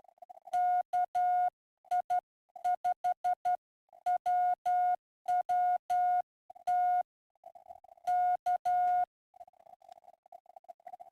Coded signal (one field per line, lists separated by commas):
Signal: Morse code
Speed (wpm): 12 wpm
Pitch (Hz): 720 Hz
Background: none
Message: KI5WWT K